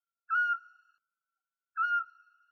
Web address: Otus scops